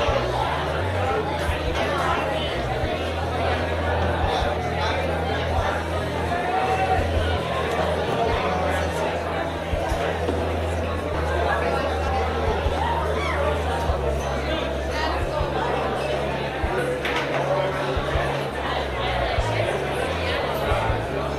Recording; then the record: background sound without coughing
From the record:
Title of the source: CITY SOUNDS Busy Bar in the Evening Night - 2 HOURS of Ambiance for Relaxation